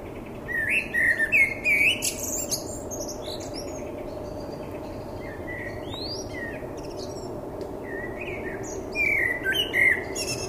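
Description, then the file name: Common blackbird delivering fluted warbling phrases with high twittered endings, a softer phrase in the middle, then another full warble near the close. "Turdus merula"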